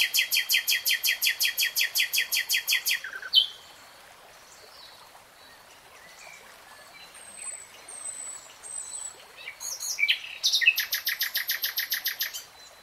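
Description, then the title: Nightingale song opening with a long, steady run of rapid loud notes. After a quiet gap come thin whistles, then another fast repeated series. Nightingale singing; 3-hour real-time recording. "[Tiếng chim hót] 3 Hours REALTIME Nightingale Singing"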